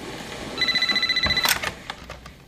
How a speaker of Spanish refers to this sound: Un teléfono suena junto a la cama de Sue.